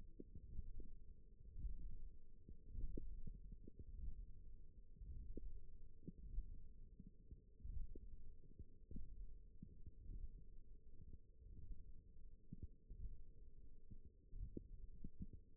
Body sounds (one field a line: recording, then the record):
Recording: forearm muscle sounds (acoustic myography)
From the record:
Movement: index flexion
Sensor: system 1, eight BSWA MPA416 microphones around the upper forearm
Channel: 2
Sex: female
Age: 20 years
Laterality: right